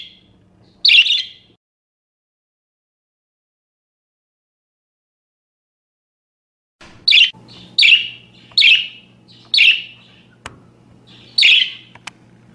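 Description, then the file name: Parakeet gives one sharp call, then a long silence, followed by a run of five similar calls over a low hum. "suara burung parkit. omkicau"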